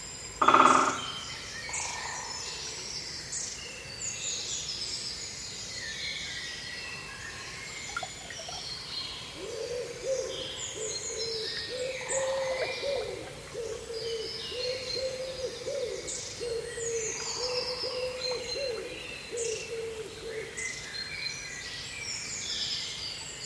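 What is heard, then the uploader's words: A spring woodland chorus of many birds chirping and trilling, dense and overlapping throughout. A loud call bursts out at the very start, and from about ten to twenty seconds a low, steady hooting owl-like call repeats beneath the song. British Woodland On Spring Morning. I recently discovered a pocket of quiet while hiking in my local patch in Surrey. A wooded valley nestled between two hills with a small brook at the bottom.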